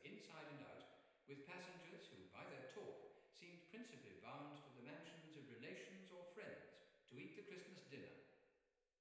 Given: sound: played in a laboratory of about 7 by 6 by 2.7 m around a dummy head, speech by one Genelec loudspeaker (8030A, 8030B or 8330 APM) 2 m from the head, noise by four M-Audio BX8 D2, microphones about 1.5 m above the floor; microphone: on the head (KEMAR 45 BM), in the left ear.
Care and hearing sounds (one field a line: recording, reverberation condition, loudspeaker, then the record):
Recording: male speech in English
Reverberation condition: high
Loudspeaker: in front (0 degrees)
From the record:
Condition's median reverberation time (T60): about 1300 ms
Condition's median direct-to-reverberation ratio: about -4.0 dB